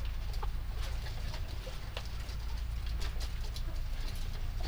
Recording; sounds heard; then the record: poultry house recording; healthy chickens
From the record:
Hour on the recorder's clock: 23